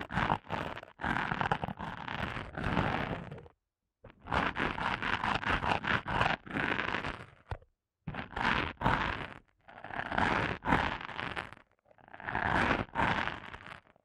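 Eardrum massage sounds: dense, scratchy rubbing in quick rhythmic strokes, coming in bursts of a few seconds separated by brief silences.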